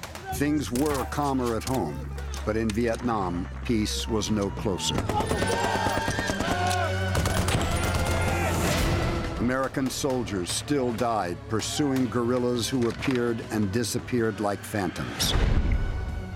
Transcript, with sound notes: Things were calmer at home, but in Vietnam, peace was no closer.
(SOUNDBITE OF GUNSHOTS)
American soldiers still died pursuing guerrillas who appeared and disappeared like phantoms.